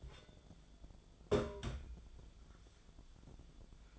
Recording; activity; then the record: daily activity, microphone in the room; take from stove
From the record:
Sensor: 5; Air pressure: 1010.0 hPa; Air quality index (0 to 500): 147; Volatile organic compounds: 3 ppm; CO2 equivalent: 1440 ppm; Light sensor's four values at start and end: 248/604/258/283 and 249/608/259/283